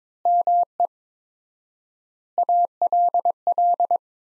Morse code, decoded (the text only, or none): ME ALL